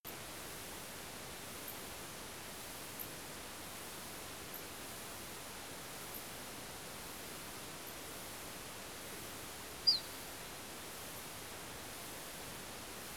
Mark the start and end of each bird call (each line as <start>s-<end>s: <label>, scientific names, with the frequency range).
9.86s-10.00s: Emberiza hortulana (3.6-5.8 kHz)